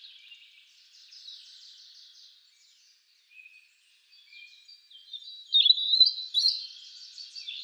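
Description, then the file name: European robin song, faint thin trill and quiet notes, then a louder stretch of warbling, rapidly varied high phrases. "Erithacus rubecula"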